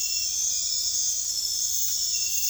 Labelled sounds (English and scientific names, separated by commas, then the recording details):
none
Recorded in dense forest near Puerto Asís, Putumayo, Colombia, on 26 December 2024 at 00:30
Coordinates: 0.468, -76.322
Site G071